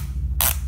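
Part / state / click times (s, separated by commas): lace dial into its shoe housing / seated / 0.4 s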